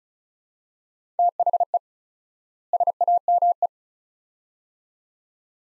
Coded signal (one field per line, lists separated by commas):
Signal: Morse code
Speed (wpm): 36 wpm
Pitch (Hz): 700 Hz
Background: none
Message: THE SAME